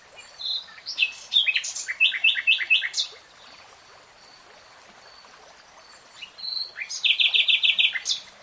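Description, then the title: Nightingale song: varied phrases of sharp chirps and rapid repeated notes, a pause, then a fast throbbing trill of loud repeated notes. Nightingale singing in real time. "[Tiếng chim hót] 3 Hours REALTIME Nightingale Singing"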